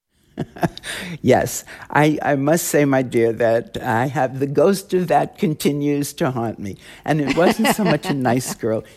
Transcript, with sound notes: Yes. I must say, my dear, that I have - the ghost of that continues to haunt me.
(Laughter).
And it wasn't so much a nice girl.